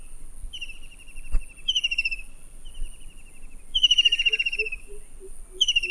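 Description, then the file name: White-throated kingfisher delivering loud stuttering trills that fall gently in pitch, repeated several times, with a short run of low soft hoots and a thin steady insect whine behind. "cekakak belukar omkicau"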